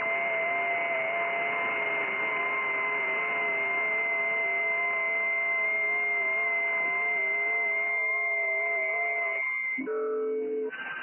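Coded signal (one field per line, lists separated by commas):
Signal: FT8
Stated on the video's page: FT8 on 28 MHz, FTdx101MP at 200 W, rotating 4-element Yagi at 17 m height, contacts with Argentina, Vietnam, Australia.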